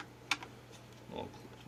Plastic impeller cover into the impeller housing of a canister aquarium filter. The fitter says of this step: clicks into that side and then just so you can see the little sticks popping out there all right